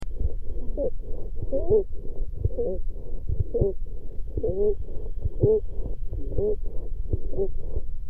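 Muffled chest sounds from a child, with repeated musical, whistling tones at a moderate pitch recurring with nearly every rapid breath. This is wheezing, a sign of narrowed airways.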